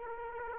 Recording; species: mosquito wingbeat signal from an infrared sensor; Aedes aegypti